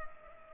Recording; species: mosquito wingbeat signal from an infrared sensor; Culex pipiens